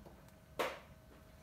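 A weather-resistant rubber boot, with the cable already threaded through it, is pulled up over a BNC cable connector. After a faint tick at 0.3 s, a single sharp click at 0.6 s marks the boot seating into place, then the sound fades into quiet background.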